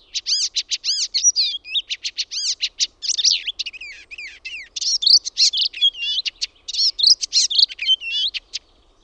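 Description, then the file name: Icterine warbler song: a long, varied, fast medley of repeated harsh and nasal notes mixed with clear whistles, continuous throughout. "KULTARINTA"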